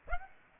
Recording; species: mosquito wingbeat signal from an infrared sensor; Aedes aegypti